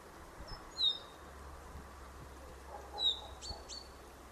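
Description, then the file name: Common chaffinch calling: two thin, high, slightly downslurred whistled notes about two seconds apart, with soft clicks after the second, over a steady low hiss. "Fringilla coelebs"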